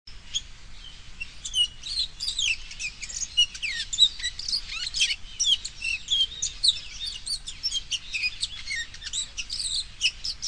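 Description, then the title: Bird song, busy high twittering and squeaky whistled notes in a steady overlapping stream, with low background noise. "LuckyPassaro Completos2Sama"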